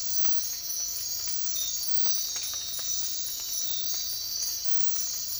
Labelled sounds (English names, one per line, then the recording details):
none
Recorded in dense forest near Puerto Asís, Putumayo, Colombia, on 24 March 2025 at 04:30
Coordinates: 0.503, -76.323
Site GP09